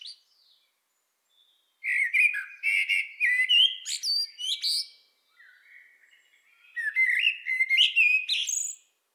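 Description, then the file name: Common blackbird singing two phrases, each a rich, mellow warble leading into high, scratchy twittering, with a quiet gap between them. "Turdus merula"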